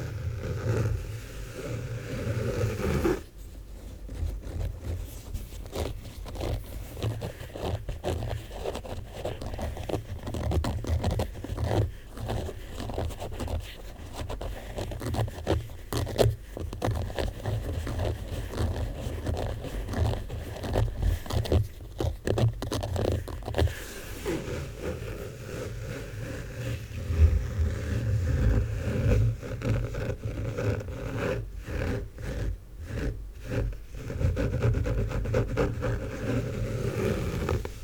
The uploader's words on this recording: ASMR Book Sounds.